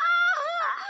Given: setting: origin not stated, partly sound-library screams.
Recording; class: one-second piece from a danger detection set; woman in danger